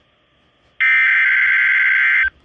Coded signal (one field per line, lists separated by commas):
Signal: Emergency Alert System (SAME) tones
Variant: header bursts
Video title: EAS #399-400!: Caught Me Off Guard (Double-Header WSWs on KIG86) (1/22/23)